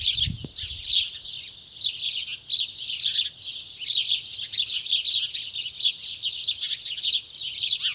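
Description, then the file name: House sparrows chirping: a dense chorus of many overlapping bright chirps from several birds, with a brief low thump near the start. "Passer domesticus"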